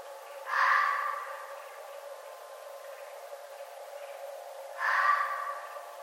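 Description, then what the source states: Red fox calls: two harsh, hoarse screams, each under a second long, about four seconds apart, with quiet background between them. Recorded 11 November 2011.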